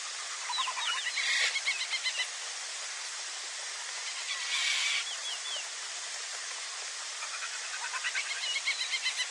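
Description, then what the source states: Birds in a mixed chorus: overlapping high chirps, short rapid trills and downslurred whistles, with brief hissing bursts over steady background hiss. Many birds calling together.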